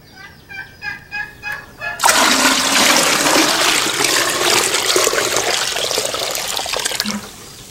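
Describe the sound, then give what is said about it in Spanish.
A bucket of water is poured into a basin to fill it: a loud, steady rushing splash lasting about five seconds, then stopping abruptly, after a short run of rhythmic, warbling gobbles. “Ándale por otra cubeta de agua para terminar de llenar la pila.”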